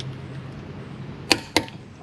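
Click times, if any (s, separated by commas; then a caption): 1.3 s. A torque wrench set to about 150 and locked is used to tighten a fastener until it clicks at its setting, confirmed by a sharp click at 1.3 seconds. A second, similar sharp snap follows at 1.6 seconds over low background hum.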